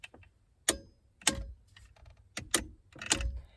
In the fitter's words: When you hear that click, then you know you're at 29.